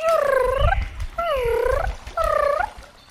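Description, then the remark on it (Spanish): A voice imitates a small bird screaming: three loud, shrill, wavering squawks in a row, each dipping and rising in pitch, with short gaps between them. “Entonces, el pajarito empezó a gritar.”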